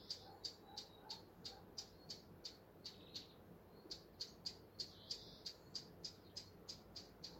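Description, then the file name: Eurasian blackcap giving hard, clicking tack calls, about three a second in a steady series, with a few faint lower notes early on and a soft background hiss. "Sylvia atricapilla"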